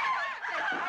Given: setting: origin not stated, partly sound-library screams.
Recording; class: one-second piece from a danger detection set; woman in danger